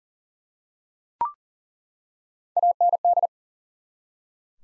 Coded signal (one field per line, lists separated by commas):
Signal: Morse code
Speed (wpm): 40 wpm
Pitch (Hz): 700 Hz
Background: none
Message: AND